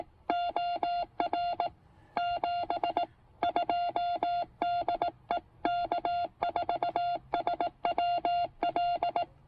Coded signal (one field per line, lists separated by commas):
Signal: Morse code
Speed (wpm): 18 wpm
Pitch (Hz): 690 Hz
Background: none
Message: OR 72 DE K4SWL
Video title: Pairing the Penntek TR-45L and Chelegance MC-750 for a super short POTA activation!